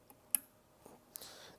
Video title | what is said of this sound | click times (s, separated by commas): Midas Master Class Series ProX with Steve Lagudi DN9680 Set Up And Multimode Conversion | in we will hear it click now | 0.3 s